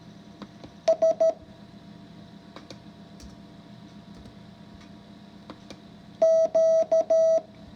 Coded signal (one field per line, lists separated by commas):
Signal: Morse code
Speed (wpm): 13 wpm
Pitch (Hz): 650 Hz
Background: none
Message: S Q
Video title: If I can learn morse code, so can you. Lesson 5 practice.